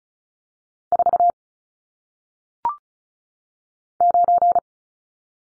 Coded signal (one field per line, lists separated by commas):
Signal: Morse code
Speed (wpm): 34 wpm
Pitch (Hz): 700 Hz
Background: none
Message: 4 9